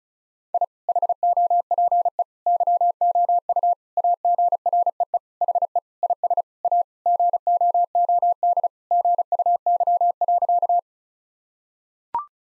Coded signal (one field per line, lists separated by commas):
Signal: Morse code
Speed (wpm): 34 wpm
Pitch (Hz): 700 Hz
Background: none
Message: I HOPE YOU AGREE HE IS A GOOD GUY.